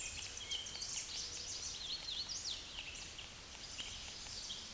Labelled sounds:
Hooded Warbler (Setophaga citrina) song
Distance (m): 50 m
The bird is about 5 m above the microphone
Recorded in a Pennsylvania forest on 16 May 2024 at 09:29
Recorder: AudioMoth, point MSD-2074
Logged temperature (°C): 16.3 °C
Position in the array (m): 156 m, 157 m

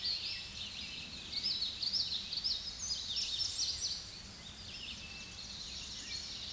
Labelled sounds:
Common Yellowthroat (Geothlypis trichas) song
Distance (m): 35 m
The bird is about 10 m above the microphone
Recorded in a Pennsylvania forest on 16 May 2024 at 07:00
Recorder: AudioMoth, point MSD-0661
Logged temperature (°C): 15.8 °C
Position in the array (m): 44 m, 141 m

